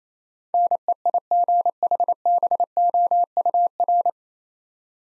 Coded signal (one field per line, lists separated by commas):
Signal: Morse code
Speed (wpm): 29 wpm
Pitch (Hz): 700 Hz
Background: none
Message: NEIGHBOUR